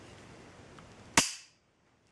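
A factory spring hose clamp on a coolant hose, locked in the squeezed position, is squeezed by its tab and held away from the body until the lock releases. One sharp, loud snap is heard at 1.2 s, decaying over about a third of a second, after a low steady background. The clamp is released and ready to reuse.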